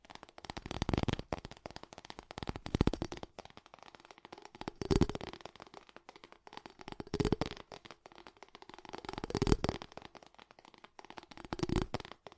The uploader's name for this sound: Fast Tapping